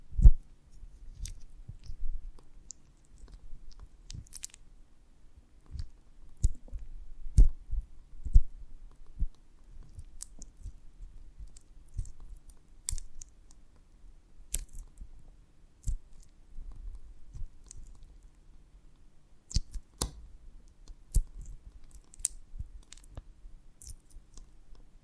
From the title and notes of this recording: ASMR of a Honeycomb on Branch (No Talking).